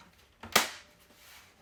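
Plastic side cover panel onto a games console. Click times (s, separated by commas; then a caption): 0.6 s. The second official Midnight Black plastic side cover panel is pushed onto a Sony PlayStation 5 console. A brief scraping contact at about 0.4 s leads into a sharp click at 0.6 s, and the panel is seated home.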